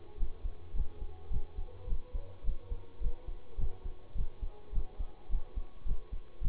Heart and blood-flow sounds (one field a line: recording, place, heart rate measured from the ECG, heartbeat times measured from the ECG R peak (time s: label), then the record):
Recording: heart sounds by stethoscope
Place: between the tricuspid and mitral areas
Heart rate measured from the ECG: 106 bpm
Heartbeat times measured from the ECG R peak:
0.17 s: heartbeat
0.74 s: heartbeat
1.30 s: heartbeat
1.87 s: heartbeat
2.43 s: heartbeat
3.00 s: heartbeat
3.58 s: heartbeat
4.15 s: heartbeat
4.72 s: heartbeat
5.29 s: heartbeat
5.85 s: heartbeat
6.41 s: heartbeat
From the record:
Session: bicycle stress test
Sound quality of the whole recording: good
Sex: male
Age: 26 years